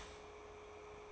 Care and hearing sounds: daily activity, microphone in the room; start toaster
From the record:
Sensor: 1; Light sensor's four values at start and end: 5/13/4/5 and 5/13/4/5

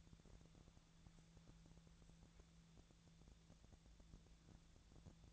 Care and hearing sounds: daily activity, microphone in the room; wipe stove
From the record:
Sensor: 3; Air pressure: 1000.6 hPa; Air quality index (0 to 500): 180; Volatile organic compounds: 4 ppm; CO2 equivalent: 1566 ppm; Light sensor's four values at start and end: 12/29/12/13 and 12/29/12/13

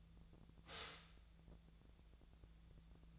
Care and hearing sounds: daily activity, microphone in the room; stop toaster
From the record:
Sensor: 3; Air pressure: 1000.2 hPa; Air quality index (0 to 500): 155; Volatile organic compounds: 3 ppm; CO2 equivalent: 1370 ppm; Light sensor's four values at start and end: 37/95/40/43 and 37/94/40/43

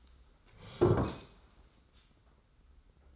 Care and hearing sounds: daily activity, microphone in the room; sit down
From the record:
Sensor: 3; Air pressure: 991.7 hPa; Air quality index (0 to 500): 166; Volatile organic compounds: 1000 ppm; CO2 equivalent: 5466 ppm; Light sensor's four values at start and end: 35/100/41/35 and 34/100/40/34

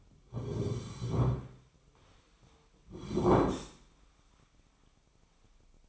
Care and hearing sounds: daily activity, microphone in the room; sit down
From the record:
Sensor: 1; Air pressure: 1009.3 hPa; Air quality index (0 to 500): 180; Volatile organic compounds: 3 ppm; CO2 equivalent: 1516 ppm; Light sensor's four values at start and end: 39/103/43/50 and 42/111/46/54

